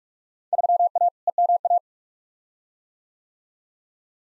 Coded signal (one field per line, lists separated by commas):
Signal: Morse code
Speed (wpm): 46 wpm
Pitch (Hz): 700 Hz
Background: none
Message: 3A EMA